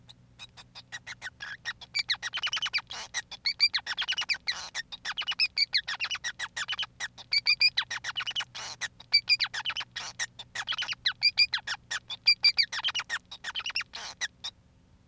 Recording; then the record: song of a male Bengalese finch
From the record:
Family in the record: son of father 5